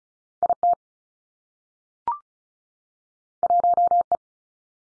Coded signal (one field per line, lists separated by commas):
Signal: Morse code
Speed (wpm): 36 wpm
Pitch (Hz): 700 Hz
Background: none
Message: I T 1 E